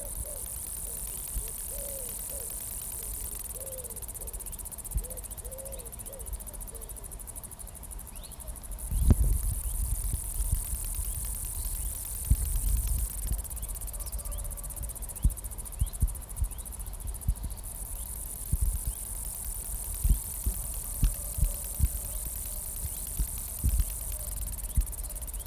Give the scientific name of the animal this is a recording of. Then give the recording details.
Conocephalus dorsalis. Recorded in the wild. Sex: male. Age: imago. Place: Strausberg, Barnim, Brandenburg, DE. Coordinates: 52.5375, 13.8989. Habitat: meadow. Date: 1989-08-13 19:02. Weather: sonnig, 22,5°C in Sonne. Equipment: Riporter 6 RG-K, Halbspur, Sennheiser MKH 416 T. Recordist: Frommolt, Karl-Heinz. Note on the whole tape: Annatal: Gesang in einem Carex-Bestand. Tier gesehen. Abstand minimal 10 cm